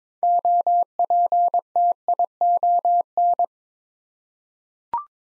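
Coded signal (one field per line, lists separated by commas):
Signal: Morse code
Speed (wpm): 22 wpm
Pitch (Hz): 700 Hz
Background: none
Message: OPTION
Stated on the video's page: Head-copy practice of six-letter words at 22 wpm.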